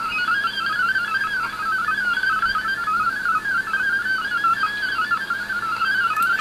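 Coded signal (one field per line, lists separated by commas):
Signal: multi-tone FSK (Olivia or MFSK type)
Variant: MFSK32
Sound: rapid warbling chain of short stepped tones hopping within a narrow band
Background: radio static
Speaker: which as you can see looking at the waterfall uses more bandwidth but is much faster as you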